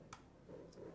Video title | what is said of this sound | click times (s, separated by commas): Simplex LP1000 Installation Instructions | and there's the click | 0.1 s